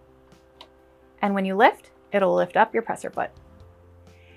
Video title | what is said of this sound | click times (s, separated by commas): How To Use The Brother PS300T Sewing Machine! | when it's in the correct position you'll hear a click | 0.6 s